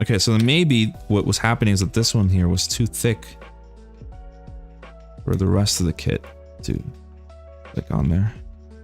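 A plastic part of a model kit bust is handled and pressed toward its place in the bust assembly while someone talks over steady background music. Faint, brief handling sounds come at about 4.1 s and 4.8 s. Nothing has seated or clicked in yet.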